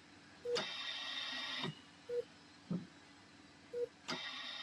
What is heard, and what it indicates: The sound of a ventilator.